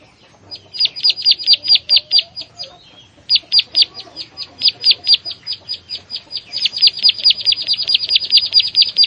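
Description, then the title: Prinia song: rapid series of sharp, evenly spaced high chirps, a short pause near three seconds, then the series resumes and quickens towards the end. "Ciblek Sawah"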